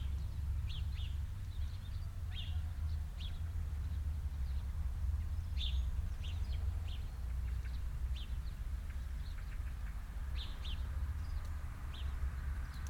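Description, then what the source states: Birds calling with scattered short high chirps spread throughout, some in quick pairs, over a heavy low rumble. Recorded in the garden of the recordist's mother.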